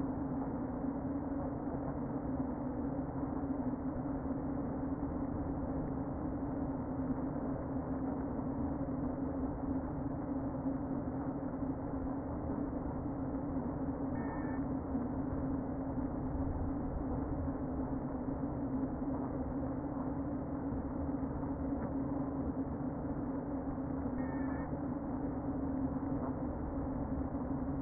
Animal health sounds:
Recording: honeybee colony, microphone inside the hive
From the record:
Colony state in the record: queen present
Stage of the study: before two queens were removed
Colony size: about 60,000 bees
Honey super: yes

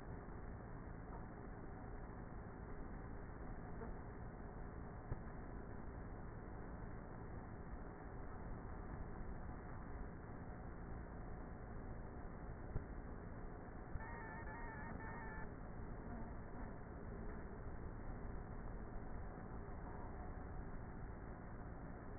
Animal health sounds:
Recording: honeybee colony, microphone inside the hive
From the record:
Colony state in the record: queenless with a low population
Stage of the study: before two queens were removed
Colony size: about 30,000 bees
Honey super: no

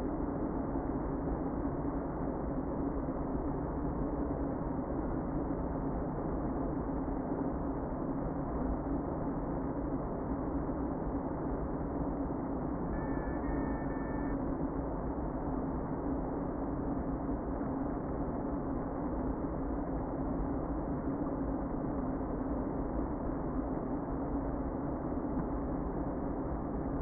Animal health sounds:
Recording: honeybee colony, microphone inside the hive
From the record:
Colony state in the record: queen present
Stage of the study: before two queens were removed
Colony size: about 60,000 bees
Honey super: yes

